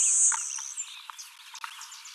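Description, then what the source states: LeConte's sparrow giving a sharp, very high buzzy hiss that fades after under a second, followed by scattered chips from other birds. Recorded 21 July 2019; the recording holds six songs.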